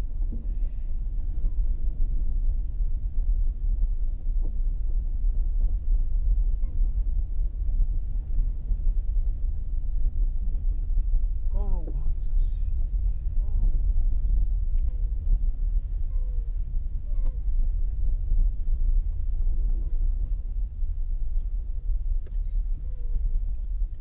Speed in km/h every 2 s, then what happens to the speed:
13, 14, 15, 15, 15, 19, 17, 14, 16, 14, 14, 5.
0-10 speeds up to 19. 10-20 steady at about 14. 20-24 slows to 5.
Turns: none.